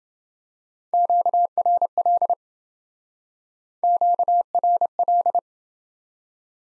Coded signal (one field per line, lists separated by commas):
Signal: Morse code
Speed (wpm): 27 wpm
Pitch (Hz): 700 Hz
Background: none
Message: QRL QRL